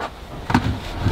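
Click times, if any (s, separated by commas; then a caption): none. A hinged counter extension about three feet long on an RV kitchen counter is lifted up by hand, giving a soft thump at 0.5 seconds followed by low rattling and shuffling. It is still being handled and has not locked into place yet.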